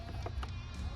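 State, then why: Not seated. A plastic remote starter harness connector is handled at the vehicle wiring connector during a 2011-2015 Kia Optima remote starter install, with brief handling ticks around 0.3 s and 0.4 s over a steady low hum. Nothing has seated or clicked yet; the connector is not yet home.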